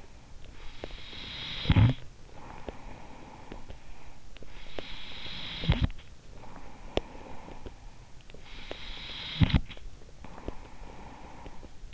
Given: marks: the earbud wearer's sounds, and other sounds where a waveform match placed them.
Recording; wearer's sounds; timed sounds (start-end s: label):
sounds in sleep by an in-ear microphone; snoring breath
0.00-11.94 s: snoring breath